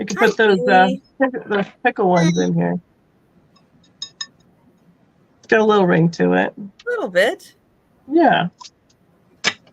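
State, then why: Seated. Someone talks while a vintage serving dish insert is handled, with short bright ringing clinks around 4.0 and 4.2 s. The insert is then pressed into its holder or base and snaps in with a sharp click at 9.5 s, seated.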